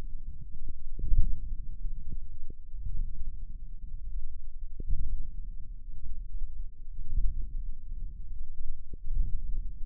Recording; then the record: forearm muscle sounds (acoustic myography)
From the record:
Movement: ulnar deviation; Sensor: system 1, eight BSWA MPA416 microphones around the upper forearm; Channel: 5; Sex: female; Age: 21 years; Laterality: right